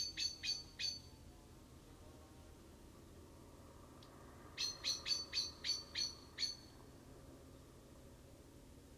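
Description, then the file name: Common blackbird calling in bursts: three hard chinks, a lull, then a steady run of about seven, several per second. "Turdus merula"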